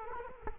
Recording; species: mosquito wingbeat signal from an infrared sensor; Culex quinquefasciatus